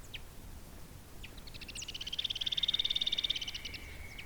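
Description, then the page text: Andean flicker call, a rapid even trill of sharp high pulses lasting about two seconds, swelling then fading, after a few scattered faint notes. "Joseph Tobias and Nathalie Seddon - Андский шилоклювый дятел (Colaptes rupicola)"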